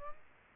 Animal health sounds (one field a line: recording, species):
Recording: mosquito wingbeat signal from an infrared sensor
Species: Aedes aegypti